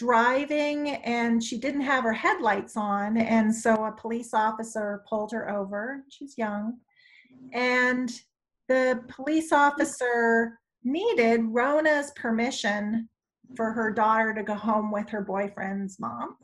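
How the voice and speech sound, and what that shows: A woman speaks clearly and fluently, telling a story at an easy pace with ordinary pauses.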